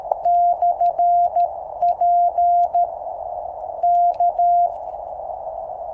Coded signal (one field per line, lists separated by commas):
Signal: Morse code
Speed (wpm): 13 wpm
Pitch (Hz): 700 Hz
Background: none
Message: /P K